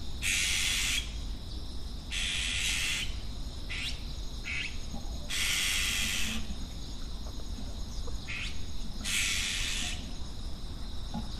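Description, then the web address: Azure-winged magpie uttering loud, rasping squawks, some drawn out and some short, spaced irregularly, with a low hum behind. Recorded March 2009. "saezuri onaga 200903 kubo"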